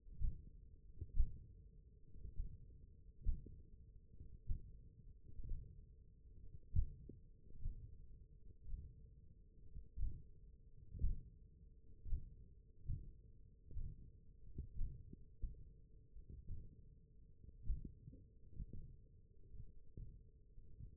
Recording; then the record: forearm muscle sounds (acoustic myography)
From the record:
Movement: hook grip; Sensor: system 1, eight BSWA MPA416 microphones around the upper forearm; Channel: 7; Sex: male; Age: 20 years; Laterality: left